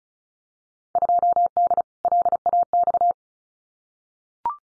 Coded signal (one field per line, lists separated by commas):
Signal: Morse code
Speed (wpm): 36 wpm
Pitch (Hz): 700 Hz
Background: none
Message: 2D LAX